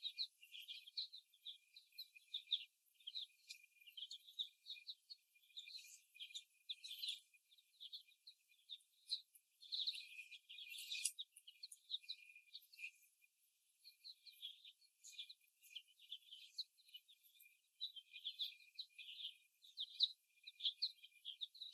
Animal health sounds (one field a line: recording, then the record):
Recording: young laying hens in a cage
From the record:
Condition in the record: after the stressor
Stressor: simulated dog barking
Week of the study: 1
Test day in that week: 1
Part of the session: 2